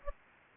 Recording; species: mosquito wingbeat signal from an infrared sensor; Aedes aegypti